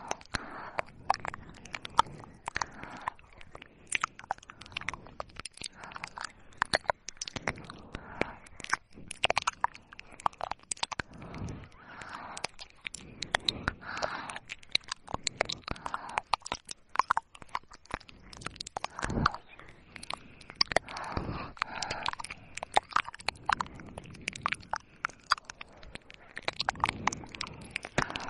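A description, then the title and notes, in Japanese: Mouth sounds: wet clicks, smacks and crunchy chewing noises come in quick, irregular bursts throughout the clip. Sharp, bright pops stand out between softer smacking, with brief quiet gaps and no steady background sound. 口腔音刺激助眠解压。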